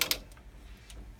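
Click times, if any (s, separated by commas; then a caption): none. A roller bar on a quilting frame is pushed to lock it in place. Two sharp ticks come at 0.0 and 0.1 s, followed by fainter ticks around 0.3, 0.4 and 0.9 s over a low hum. The bar lock has not clicked into place yet.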